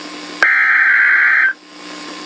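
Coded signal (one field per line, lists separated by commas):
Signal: Emergency Alert System (SAME) tones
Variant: header bursts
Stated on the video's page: Fictional EAS scenario, simulated alert.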